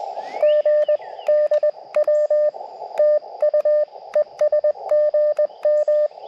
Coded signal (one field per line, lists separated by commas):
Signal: Morse code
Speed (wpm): 20 wpm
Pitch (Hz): 590 Hz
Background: radio noise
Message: GDW TU ES GM